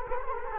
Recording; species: mosquito wingbeat signal from an infrared sensor; Culex quinquefasciatus